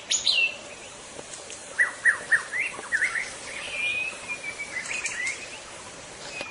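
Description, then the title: White-rumped shama song opening with a high whistle, then a run of short dipping notes and a long smooth whistle, over steady hiss. Wild forest-dwelling white-rumped shama, called murai batu hutan in Indonesian. "Suara burung murai batu hutan"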